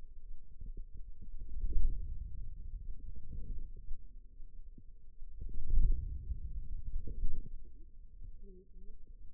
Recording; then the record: forearm muscle sounds (acoustic myography)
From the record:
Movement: inward rotation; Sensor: system 2, bracelet of six BSWA MPA416 microphones around the upper forearm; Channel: 3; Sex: female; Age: 21 years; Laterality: right